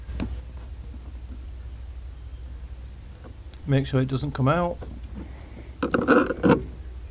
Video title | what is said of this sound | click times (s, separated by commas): SKODA FABIA Twin Fog Lights (Mk1 99-07) | simply push the connector terminal in until it clicks | 0.2 s